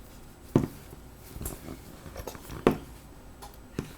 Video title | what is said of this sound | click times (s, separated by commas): Dezasamblare Huawei p9 / inlocuire acumulator | wir drücken es hoch und dann drücken wir es langsam, bis alles gut einrastet | 0.6 s, 2.7 s